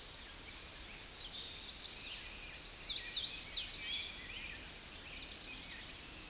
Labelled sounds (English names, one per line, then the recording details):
Hooded Warbler song
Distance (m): 60 m
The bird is about level with the microphone
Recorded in a Pennsylvania forest on 16 May 2024 at 07:10
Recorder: AudioMoth, point MSD-0690
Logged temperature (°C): 16.0 °C
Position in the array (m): 142 m, 122 m